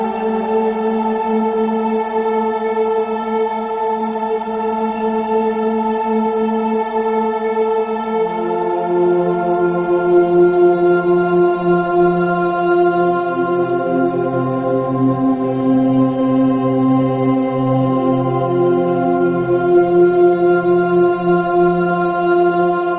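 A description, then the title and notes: Sustained, overlapping drone tones hum steadily with slow, smooth shifts in pitch, like a singing bowl. Around the eight-second mark a lower tone enters and the chord settles deeper, thickening toward the end. No beat or percussion, only a continuous even wash. 11 Hz ALPHA BINAURAL WAVES.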